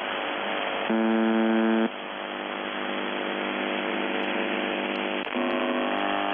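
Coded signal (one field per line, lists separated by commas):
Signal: channel marker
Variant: UVB-76 (The Buzzer)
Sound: two harsh low buzzes, each about one second, separated by hissing static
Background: radio static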